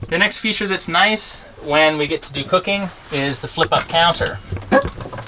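A hinged flip-up counter leaf on the kitchen cabinet of an EarthRoamer camper is handled while someone talks throughout. The counter has not locked in place yet, and nothing has seated or clicked by the end of the clip.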